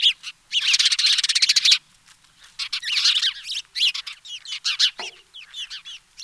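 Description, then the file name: House sparrow calls, a fast buzzy rattle for about a second, followed by scattered sharp chirps. "Passer domesticus"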